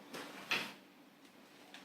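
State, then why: Released. The second seat of a phil&teds Dot stroller with Doubles Kit is pulled out of its mount on the stroller frame. A brief rustle at 0.2 s leads into a sharp plastic knock at 0.5 s as the seat pops right out, followed by a faint tap near 1.7 s. The seat comes free of the frame.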